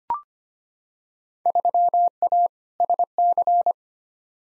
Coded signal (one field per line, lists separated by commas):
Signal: Morse code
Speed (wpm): 25 wpm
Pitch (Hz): 700 Hz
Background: none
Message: 3A SC